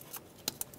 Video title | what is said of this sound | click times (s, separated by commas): How to Replace Front Catalytic Converter 2013-2019 Ford Escape | Make sure it clicks. | 0.5 s